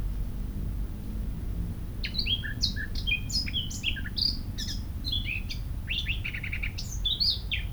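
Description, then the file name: Eurasian blackcap song: a hurried, varied warble of chattering notes from about two seconds on, ending in brighter fluted phrases, over steady low rumble. "Sylvia atricapilla"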